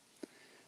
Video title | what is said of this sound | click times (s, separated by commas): Lone Wolf Bushcraft Live Show | locks into place and this instead of the spacer has a more of a skeleton look there | 0.2 s